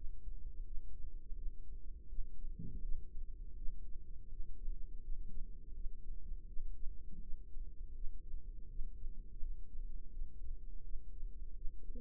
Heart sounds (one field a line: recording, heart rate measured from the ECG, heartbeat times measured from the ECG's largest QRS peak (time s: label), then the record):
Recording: heart sounds by microphone in the left ear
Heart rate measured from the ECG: 83 bpm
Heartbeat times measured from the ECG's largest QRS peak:
0.64 s: heartbeat
1.35 s: heartbeat
2.08 s: heartbeat
2.81 s: heartbeat
3.55 s: heartbeat
4.29 s: heartbeat
5.01 s: heartbeat
5.73 s: heartbeat
6.46 s: heartbeat
7.20 s: heartbeat
7.93 s: heartbeat
8.68 s: heartbeat
9.40 s: heartbeat
10.11 s: heartbeat
10.82 s: heartbeat
11.54 s: heartbeat
From the record:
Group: healthy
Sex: female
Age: 51 years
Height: 162 cm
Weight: 70.04 kg